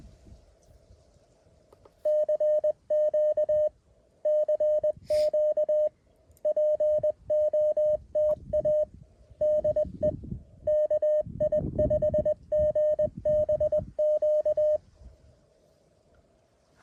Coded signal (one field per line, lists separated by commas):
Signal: Morse code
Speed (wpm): 20 wpm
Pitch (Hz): 590 Hz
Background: none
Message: CQ CQ POTA DE KI5GBQ